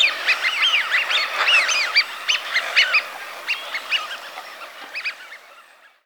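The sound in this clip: Eurasian wigeon whistling, a dense burst of whistles at first, thinning to scattered whistles that fade away toward the end.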